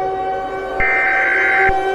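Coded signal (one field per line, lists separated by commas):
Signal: Emergency Alert System (SAME) tones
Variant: header bursts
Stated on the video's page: Fictional EAS scenario using valid EAS tones.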